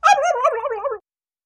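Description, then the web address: Turkey call: one wavering, gurgling note lasting about a second, rough and warbled in pitch, with no other sounds. Barnyard turkey. "animals barnyard|turkey"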